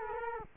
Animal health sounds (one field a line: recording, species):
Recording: mosquito wingbeat signal from an infrared sensor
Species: Culex quinquefasciatus